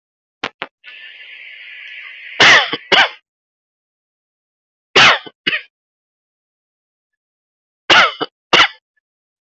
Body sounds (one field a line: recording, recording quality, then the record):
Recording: heavy voluntary cough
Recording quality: excellent, no background noise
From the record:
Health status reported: healthy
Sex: male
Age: 28 years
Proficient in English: yes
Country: India